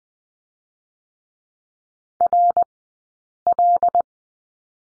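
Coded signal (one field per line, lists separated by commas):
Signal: Morse code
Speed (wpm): 20 wpm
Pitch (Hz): 700 Hz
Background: none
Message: R L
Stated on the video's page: Morse lesson for the letter L at Farnsworth speed 20/10 wpm.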